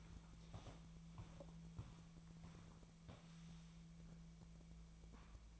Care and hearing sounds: daily activity, microphone in the room; walk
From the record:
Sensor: 1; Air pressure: 1012.2 hPa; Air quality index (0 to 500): 176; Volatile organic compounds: 3 ppm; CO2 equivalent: 1446 ppm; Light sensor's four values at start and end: 47/129/52/64 and 48/131/53/65

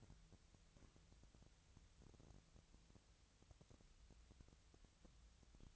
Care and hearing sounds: daily activity, microphone in the room; wipe stove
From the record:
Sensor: 3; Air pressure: 1001.6 hPa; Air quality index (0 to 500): 223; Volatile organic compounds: 30 ppm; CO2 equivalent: 2959 ppm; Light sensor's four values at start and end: 11/33/14/12 and 11/33/14/12

